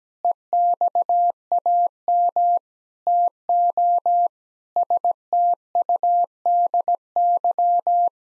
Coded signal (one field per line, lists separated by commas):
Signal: Morse code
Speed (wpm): 17 wpm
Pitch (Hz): 700 Hz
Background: none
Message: EXAM TO STUDY